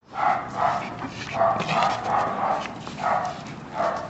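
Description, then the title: Dog barking repeatedly, several sharp barks in quick succession. An agitated dog and a barking dog. "Universidad del Claustro de Sor Juana - Colegio de Comunicación - Sonoteca de México. PERRO AGITADO Y PERRO LADRANDO"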